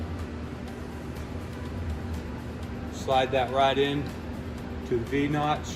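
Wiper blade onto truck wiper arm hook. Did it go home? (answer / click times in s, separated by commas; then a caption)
no / none. A wiper blade is lined up on the exposed hook of a truck wiper arm, positioned before being slid into the V-notch and locked. Someone talks over background music and a steady low hum, and nothing has clicked or locked into place yet.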